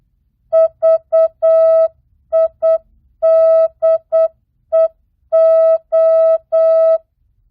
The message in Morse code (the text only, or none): VIDEO